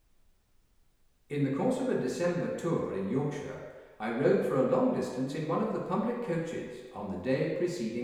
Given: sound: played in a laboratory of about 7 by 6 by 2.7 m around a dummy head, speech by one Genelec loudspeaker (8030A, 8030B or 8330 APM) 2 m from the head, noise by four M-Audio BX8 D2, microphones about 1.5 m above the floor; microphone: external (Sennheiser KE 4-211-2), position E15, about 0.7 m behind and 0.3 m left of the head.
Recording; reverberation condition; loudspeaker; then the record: male speech in English; high; 90 degrees to the left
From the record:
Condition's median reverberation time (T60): about 1300 ms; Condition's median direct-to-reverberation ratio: about -4.0 dB